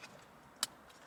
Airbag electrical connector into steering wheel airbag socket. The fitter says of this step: make sure you hear the pop